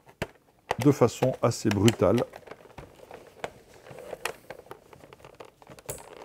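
A plastic accessory is fitted onto a Nerf Accustrike Raptorstrike toy foam blaster: once one side pokes through, the other side is pushed and the accessory snaps firmly into place with a sharp click at 0.2 s. Someone talks, then light plastic crinkling and handling clicks follow, and the accessory is seated.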